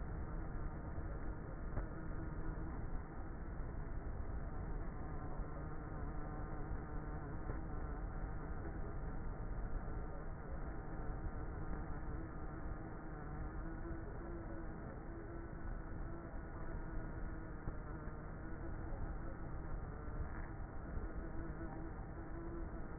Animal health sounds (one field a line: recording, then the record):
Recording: honeybee colony, microphone inside the hive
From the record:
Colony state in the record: queenless with a low population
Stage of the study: before two queens were removed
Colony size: about 30,000 bees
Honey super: no